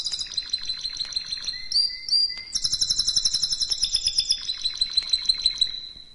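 Canary song with fast trilled phrases, a pair of short whistled slurs, then a long bright rattling trill that continues to the end.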